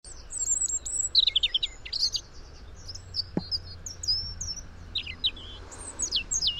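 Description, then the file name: European robin, a series of thin, high, tumbling whistles and squeaky notes broken by pauses, with a single sharp click midway. "Erithacus rubecula"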